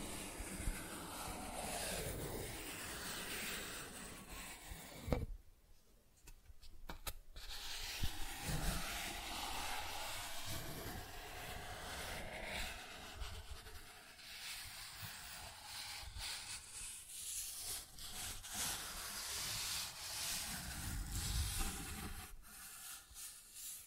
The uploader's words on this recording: Cardboard Scratching, Tracing, Tearing.